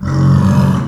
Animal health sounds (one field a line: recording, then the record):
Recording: squeal of a Yucatan mini pig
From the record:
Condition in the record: after surgery on the right vocal fold (resection and tissue-engineered implant)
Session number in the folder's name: 15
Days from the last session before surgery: 175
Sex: female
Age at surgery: 19 weeks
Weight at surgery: 25 kg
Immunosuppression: prednisolone